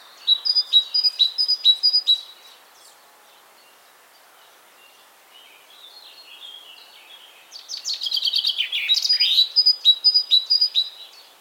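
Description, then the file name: Great tit opening with rapid repeated high two-note phrases, a quiet gap, then soft twittering leading into a loud harsh chatter mixed with more ringing notes. "Parus major"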